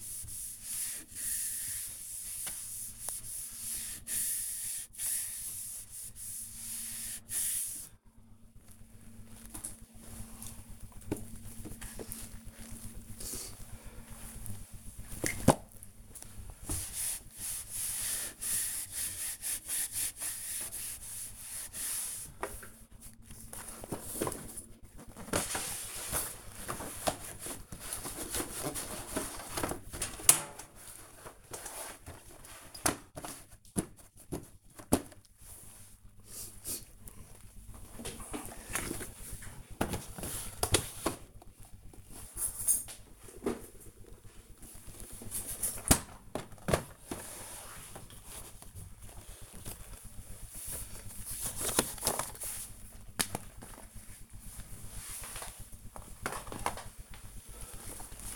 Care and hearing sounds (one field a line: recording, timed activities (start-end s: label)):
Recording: household activities, microphone on the right wrist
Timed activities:
0.00-9.24 s: cleaning the cupboard
12.24-58.36 s: cleaning the cupboard